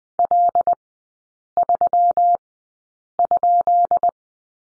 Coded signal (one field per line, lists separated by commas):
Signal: Morse code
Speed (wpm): 20 wpm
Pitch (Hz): 700 Hz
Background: none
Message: L3?